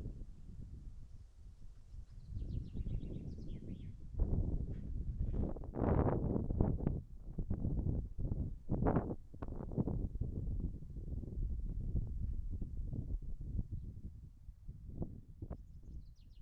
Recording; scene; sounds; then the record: everyday scene through a hearing-aid microphone; wind on the microphone; wind, birds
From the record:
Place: in front of a rural house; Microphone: behind the ear, right, front